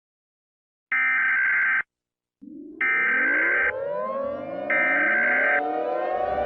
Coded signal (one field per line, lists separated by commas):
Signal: Emergency Alert System (SAME) tones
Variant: header bursts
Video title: IXL’s revenge - a EAS scenario